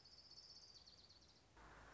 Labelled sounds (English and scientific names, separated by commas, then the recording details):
Orange-crowned Warbler (Leiothlypis celata)
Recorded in Sonoma County, California